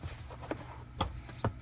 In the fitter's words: And when you install it, you hear that little click.